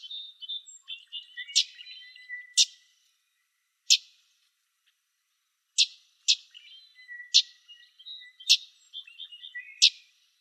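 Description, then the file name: Common yellowthroat repeating harsh, dry chip notes at uneven intervals, about eight in all with a pause midway, over quiet high twittering and thin whistles. Calls recorded in Arizona on 4 October 2004. "COYE CALLS deviche 041004"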